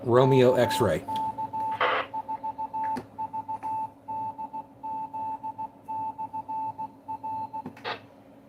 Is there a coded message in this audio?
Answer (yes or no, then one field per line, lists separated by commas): yes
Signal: Morse code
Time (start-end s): 0.2-7.6 s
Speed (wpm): 16 wpm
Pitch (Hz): 880 Hz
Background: speech, radio noise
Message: KC4VDZ/R